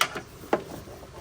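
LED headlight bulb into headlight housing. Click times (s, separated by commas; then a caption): 0.0 s. An LED headlight bulb assembly on a car is pushed back into the plastic headlight housing and clicks into place at 0.0 s with a sharp, loud snap. A second, softer knock follows at 0.5 s, and the bulb is seated.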